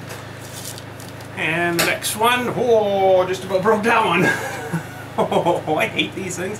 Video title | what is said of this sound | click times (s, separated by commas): fitting on the quick attach doowee and trying it out... and some "Light work" | give them a Twist you hear them click and you're good | 0.8 s